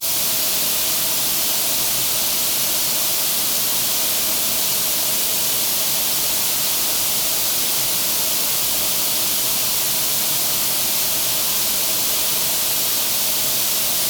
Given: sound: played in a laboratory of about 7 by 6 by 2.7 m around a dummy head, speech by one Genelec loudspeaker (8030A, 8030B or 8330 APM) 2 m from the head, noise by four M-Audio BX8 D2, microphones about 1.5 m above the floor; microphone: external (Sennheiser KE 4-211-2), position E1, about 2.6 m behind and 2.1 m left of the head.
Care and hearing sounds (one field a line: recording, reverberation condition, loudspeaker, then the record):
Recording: white noise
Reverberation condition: high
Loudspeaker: four, about 170 cm from the corners of the room and facing them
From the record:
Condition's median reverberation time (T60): about 1300 ms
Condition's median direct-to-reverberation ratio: about -4.0 dB